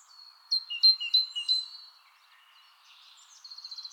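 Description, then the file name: Great tit calls, four crisp repeated two-note phrases followed by softer high trills and faint chirps. "Parus major"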